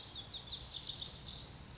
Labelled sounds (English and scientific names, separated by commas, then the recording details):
Lazuli Bunting (Passerina amoena)
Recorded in Sonoma County, California